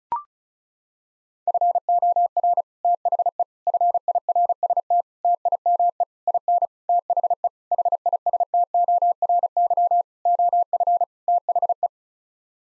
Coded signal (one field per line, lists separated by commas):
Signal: Morse code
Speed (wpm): 36 wpm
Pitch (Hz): 700 Hz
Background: none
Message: FOR THE FIRST TIME IN THE HISTORY OF THE